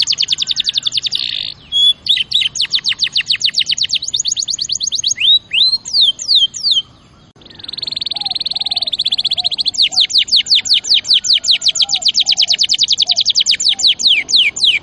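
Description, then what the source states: Canary delivering fast repeated high trills, swooping slurred notes, a short pause, then a buzzy rattle and another long rapid trill. Champion canary song used as master recording for training other birds.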